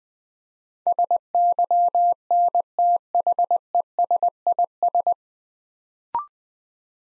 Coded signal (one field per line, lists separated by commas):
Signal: Morse code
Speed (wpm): 20 wpm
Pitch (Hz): 700 Hz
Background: none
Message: SYNTHESIS